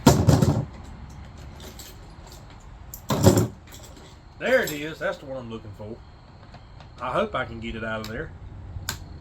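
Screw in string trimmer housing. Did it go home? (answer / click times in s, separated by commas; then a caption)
released / 8.9 s. A stripped screw is worked out of a string trimmer's housing while someone talks. Brief broadband bursts sound around 2.9 and 3.1 seconds, and a single sharp tick at 8.9 seconds marks the screw coming free of the stripped thread.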